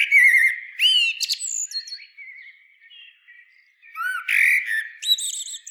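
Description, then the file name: Common blackbird singing: a fluty, warbled low phrase followed by high, squeaky twittering notes, a pause, then another loud phrase ending in thin, scratchy twitters. "Turdus merula"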